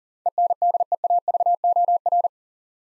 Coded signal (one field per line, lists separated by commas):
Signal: Morse code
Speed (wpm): 40 wpm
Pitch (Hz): 700 Hz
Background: none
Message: ENDEAVOR